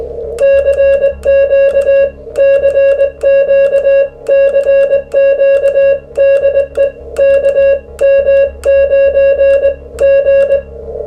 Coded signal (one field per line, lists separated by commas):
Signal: Morse code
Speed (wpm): 20 wpm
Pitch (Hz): 550 Hz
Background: music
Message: CQ CQ CQ DE KM9G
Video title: How to build a QCX Mini - Part 9 - Case Fitment, POWER, QSOs